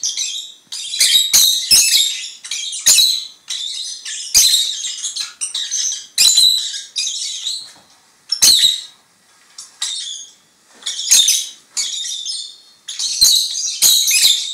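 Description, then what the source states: Lovebirds singing in rapid bursts of shrill squeaks and buzzy chatter, separated by short gaps and several sharp clicks. Several lovebirds (Agapornis) singing.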